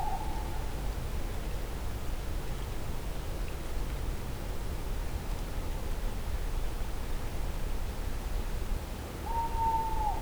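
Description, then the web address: Tawny owl hoot notes: a short tail of a hoot at the start, a long quiet gap with low rumble, then a steady hoot beginning near the end. Wild tawny owl in nature at night in 2015, microphone slightly closer; cardioid microphone. "allathangok termeszetben macskabagoly 2015 ejjel kissekozelebb"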